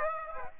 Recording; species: mosquito wingbeat signal from an infrared sensor; Aedes aegypti